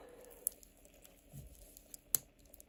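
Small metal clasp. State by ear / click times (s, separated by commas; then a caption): seated / 2.2 s. The stainless steel folding clasp, with matte and polished finishes, on the bracelet of an inexpensive "Batman" GMT watch is pressed closed into its locked position. After faint handling rustles and small ticks, it snaps down with a single firm click at 2.2 s. The clasp is seated and locked, with a nice click that has just the right amount of weight.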